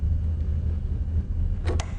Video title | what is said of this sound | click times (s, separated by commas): How to Re-assemble a Boxlock - British Side-by-Side Shotguns - MidwayUSA | There we go, let them click into place okay. | 1.7 s, 1.8 s